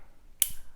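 The plastic inserter of an Autosoft XC / Autosoft 90 infusion set is cocked the alternative way, by pulling its ridged part and bottom piece apart horizontally. After quiet handling, a loud, sharp, bright click at 0.4 s is followed by a short low thud and fading noise. The inserter clicks into place and is cocked.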